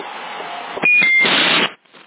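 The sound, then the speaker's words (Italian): On CB radio in Sassari, a quick run of high, stepped electronic beeps, a long multi-tone sequence, cuts through steady radio hiss, followed by a loud burst of static that drops off abruptly. “lo senti quel bip multiplo? Sembra una selettiva, però è lunga, non finisce mai.”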